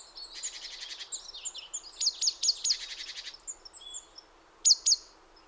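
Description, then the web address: Great tit calls: a run of harsh, buzzy churring notes repeated rapidly, then a few sharp, high, clipped notes near the end, over a faint background hiss. "SETE data Parus major"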